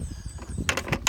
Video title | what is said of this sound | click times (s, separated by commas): Gregglawnmower. | and you push the battery in until it clicks. | 1.1 s